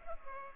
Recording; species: mosquito wingbeat signal from an infrared sensor; Culex pipiens